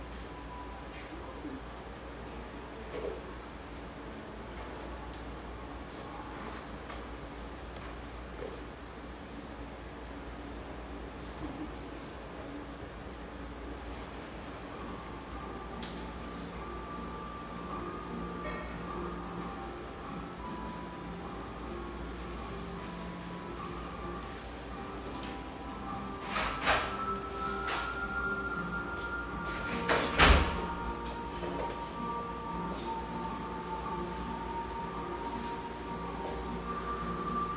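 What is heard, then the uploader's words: Steady low room hum in a coffeehouse with faint murmured voices, sustained soft tones from a radio, and sharp clatters near 27 and 30 seconds. Hazelwood, Portland, Oregon. The sounds and mellow radio of this beautiful exposed-brick coffeehouse in the Northeast Portland neighborhood of Hazelwood.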